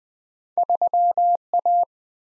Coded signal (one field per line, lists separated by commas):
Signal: Morse code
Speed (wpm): 20 wpm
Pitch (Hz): 700 Hz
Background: none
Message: 3A